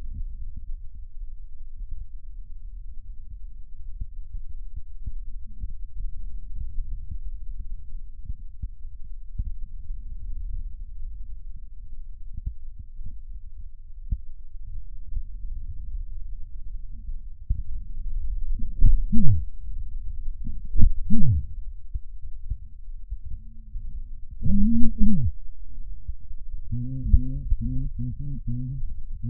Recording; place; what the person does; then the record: lung sounds by stethoscope; right posterior apical chest; quiet breathing, then cough and speech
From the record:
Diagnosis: pulmonary infection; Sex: male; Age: 54 years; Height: 187 cm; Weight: 95 kg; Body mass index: 27.2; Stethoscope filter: bell mode